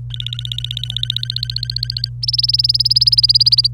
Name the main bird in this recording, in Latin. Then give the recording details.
Serinus canaria. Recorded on 26 April 2018 at 11:36. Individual llb3